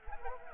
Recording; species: mosquito wingbeat signal from an infrared sensor; Anopheles gambiae